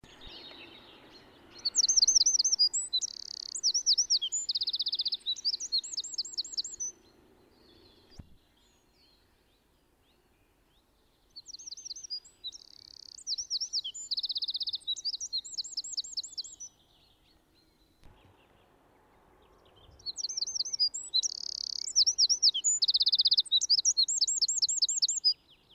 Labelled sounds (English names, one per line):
Eurasian Wren song